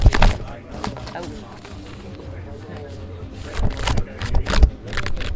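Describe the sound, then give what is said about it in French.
A paper package of finished posters is opened with crisp crinkling and rustling, a loud burst at the start, softer handling in the middle, then a cluster of sharp tearing crackles near the end. “On entend dans l'oreillette un paquet de papier qui s'ouvre.”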